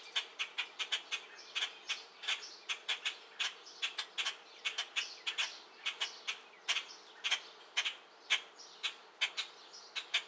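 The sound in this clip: Bird chirps, short sharp notes given in quick irregular bursts, often in pairs, continuing steadily throughout with no other clear sounds.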